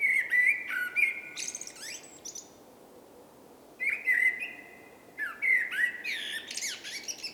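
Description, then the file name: Common blackbird song: loud mellow fluted phrases ending in high squeaky flourishes, one strophe, a pause of over a second, then two more strophes in quick succession. "Turdus merula"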